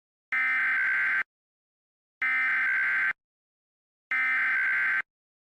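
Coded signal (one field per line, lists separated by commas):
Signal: Emergency Alert System (SAME) tones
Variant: header bursts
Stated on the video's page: Mock reenactment of a real Florida tornado warning, not the original broadcast.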